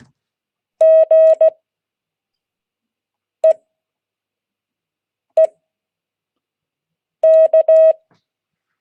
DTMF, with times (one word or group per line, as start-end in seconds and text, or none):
none